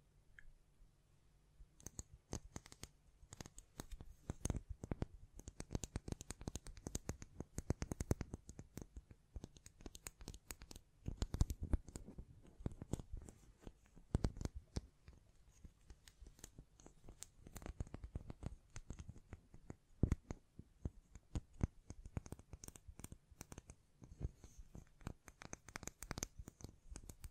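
Tapping, scratching and brushing across a microphone, with hand sounds throughout. After a quiet first two seconds, dense, irregular clicks and rustles arrive in quick bursts, sharper taps standing out around 11, 14 and 20 seconds, over a low steady rumble.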